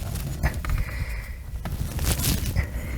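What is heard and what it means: Plastic retaining tabs of a new DeLorean shift boot are pressed into the center console opening, giving only soft handling taps and rubs, around 0.7 s and 1.6 s, over a low background rumble. No snap is heard, and the tabs have not clicked into place yet.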